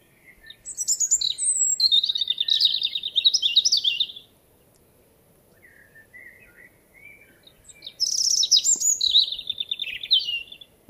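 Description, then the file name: European robin song in high, rapid twittering phrases with fluty and trilled notes, soft scattered notes in the gap, then another bright burst of warbling. "Erithacus rubecula"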